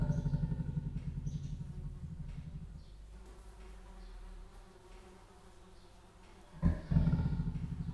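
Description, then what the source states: Leopard making deep, rhythmic rasping sounds, several pulses a second, quieter midway, then a loud burst and renewed rasping. Leopard making a rattling, wheezing sound at Jászberény Zoo, Hungary, 2015.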